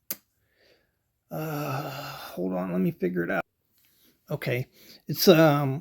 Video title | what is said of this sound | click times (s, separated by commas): 1974 Buck 110 👍 | and what's crazy is you hear the snap on this knife and this knife is um | 0.1 s